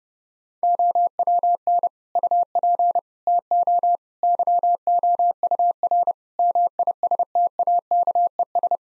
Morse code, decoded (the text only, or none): OWN UP TO YOUR MISTAKES